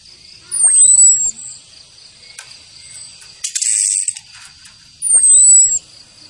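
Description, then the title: Thrush producing two high, drawn-out falling whistles separated by a short burst of dry, rattling chatter. Female whistles and chattering calls, used to make thrushes sing vigorously. "Anis Kembang Gacor. Suitan betina dan kretekan bikin anis kembanganis merah GACOR"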